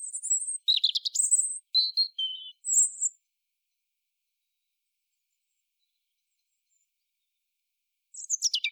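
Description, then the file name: European robin song: a tinkling phrase of high whistles, trills and descending notes, then five seconds of quiet before another high trill begins. "Erithacus rubecula"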